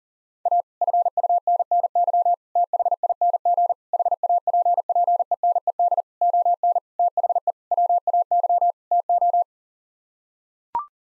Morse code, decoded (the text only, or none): A FUNNY THING HAPPENED ON THE WAY TO